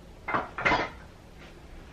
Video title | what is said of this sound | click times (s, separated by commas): The Home Weight Bench That Will Change Your Life | you pop basically there already that's clicked in place | 0.3 s, 0.6 s